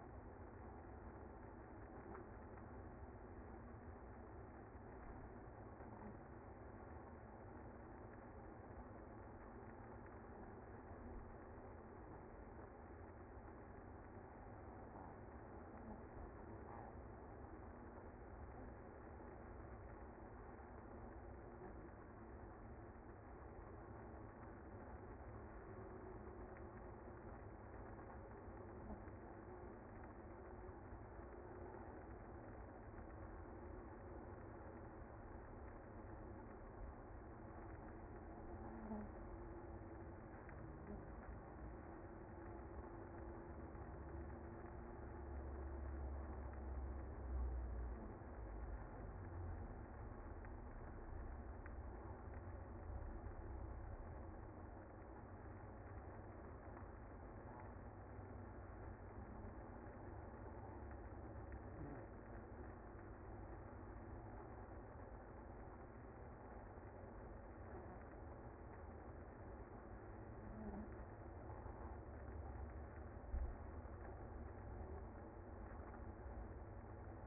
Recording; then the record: honeybee colony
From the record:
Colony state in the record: active